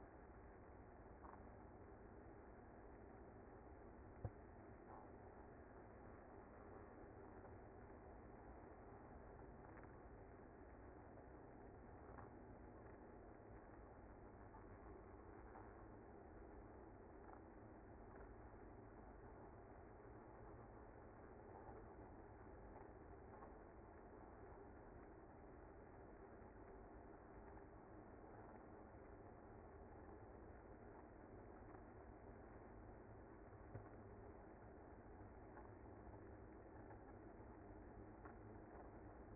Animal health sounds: honeybee colony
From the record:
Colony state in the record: active

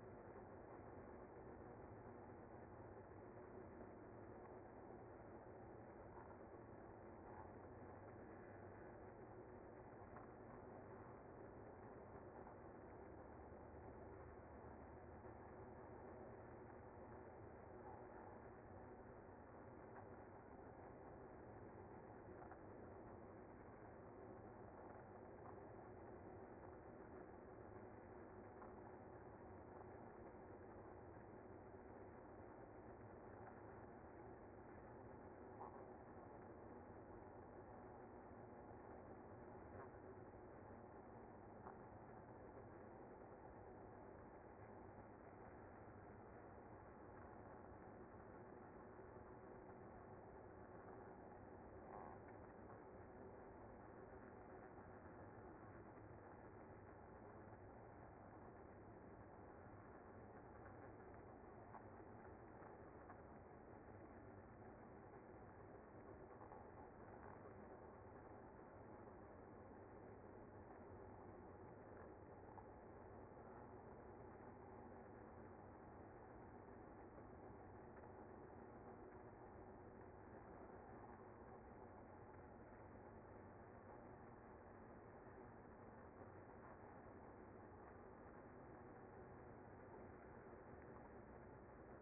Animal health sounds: honeybee colony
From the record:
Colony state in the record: active

